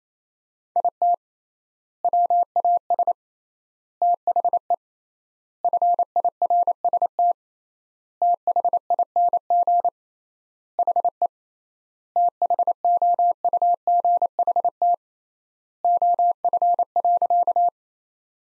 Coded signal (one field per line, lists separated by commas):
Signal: Morse code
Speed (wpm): 28 wpm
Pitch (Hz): 700 Hz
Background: none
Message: IT WAS THE FIRST THING HE THOUGHT OF.